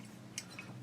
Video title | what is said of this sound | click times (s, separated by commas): DERYA RIA TM22-A Bolt & Trigger. Full Monty Disassembly. Part 2. Read note below. | bis der Schlag einrastet, | 0.4 s